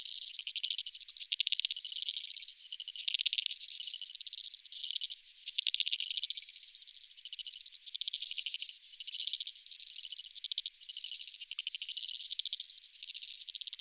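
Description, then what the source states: Insects buzzing in a steady high pulsed chorus, with waves of loudness recurring every few seconds and no other sounds. Field recording from Australia or Portugal, 2011, of creek insects, used in a collaborative soundwork; some recordings unaltered, others processed.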